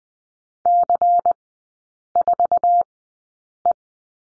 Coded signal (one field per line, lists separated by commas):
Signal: Morse code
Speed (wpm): 20 wpm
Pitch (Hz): 700 Hz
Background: none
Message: C4E